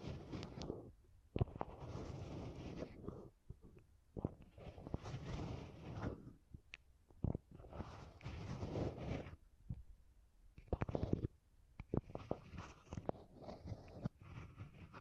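Beeswax being handled and pressed, giving soft squishy crackles and sticky snaps in bursts that come and go every second or two. Sharp clicks and pops punctuate the textured rubbing, with brief near-silent pauses between handlings.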